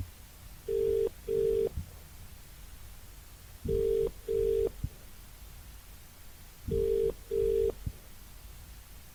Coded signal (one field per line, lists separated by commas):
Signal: telephone call progress tone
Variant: UK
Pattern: ringback tone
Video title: Phone Sound Ringing: Cell Phone Ringing Sounds: Old Telephone Sound Effect Ringing (1 Hour)